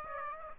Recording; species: mosquito wingbeat signal from an infrared sensor; Aedes aegypti